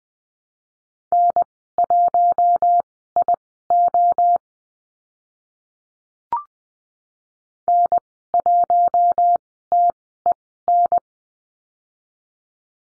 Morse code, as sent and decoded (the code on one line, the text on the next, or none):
-. .---- .. --- / -. .---- - . -.
N1IO N1TEN